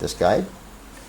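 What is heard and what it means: Upper thread is being pulled toward a small thread guide on a sewing machine while someone talks briefly. The clip is otherwise quiet, and the thread has not yet snapped into the guide; nothing has seated yet.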